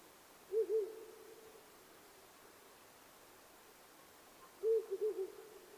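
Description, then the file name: Owl calling with low, hollow hoots: a two-note phrase, then about four seconds later a longer phrase of several stuttered notes, over quiet hiss. Recorded 9 May 2009 at 19:10. "fukurou 20090509 1910"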